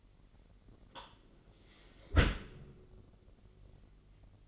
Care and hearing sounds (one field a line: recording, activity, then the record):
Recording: daily activity, microphone in the room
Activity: close dishwasher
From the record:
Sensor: 4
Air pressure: 999.1 hPa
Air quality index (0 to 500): 123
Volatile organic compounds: 2 ppm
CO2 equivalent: 1206 ppm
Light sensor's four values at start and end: 7/18/7/8 and 8/19/7/8